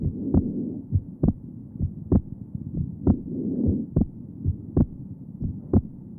Patient is perfectly normal. Recording taken at pulmonary area. Note the normal splitting of the second heart sound.